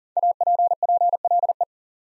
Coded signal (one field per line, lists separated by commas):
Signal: Morse code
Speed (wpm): 43 wpm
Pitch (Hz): 700 Hz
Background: none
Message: APPLE